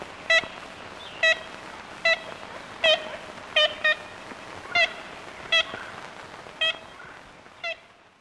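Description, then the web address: Ivory-billed woodpecker calls: brief nasal toots repeated roughly every second, once in a quick pair, the last one softer, over low background hiss. "Songs of Birds of North America. Ivory-billed Woodpecker"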